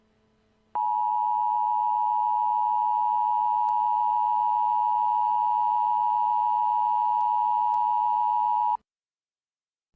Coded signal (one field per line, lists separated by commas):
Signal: Emergency Alert System (SAME) tones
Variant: 853 and 960 Hz attention tone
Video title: [OLD] EAS SCENARIO: PETA UPRISING